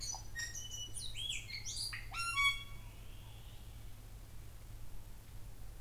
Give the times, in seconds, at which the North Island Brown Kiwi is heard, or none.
none